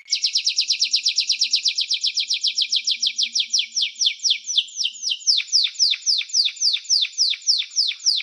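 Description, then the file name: Canary song: a rapid, dense trill of high notes, slowing later into clearer, descending notes repeated several times each second. Champion canary. "Suara Kenari Juara"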